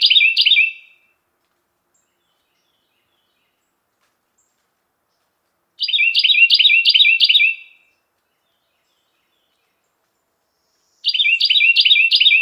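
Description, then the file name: Carolina wren repeating its song: three bursts of fast, rolling repeated phrases, the middle one about two seconds long, separated by roughly three to five seconds of silence. "suara-kicauan-burung-carolina-wren-variasi-2-omkicau"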